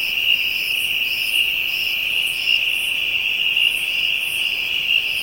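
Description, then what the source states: Steady high insect trill forming a seamless wall of sound, with regular pulsed buzzing bursts on top. African insects, ambient soundscape.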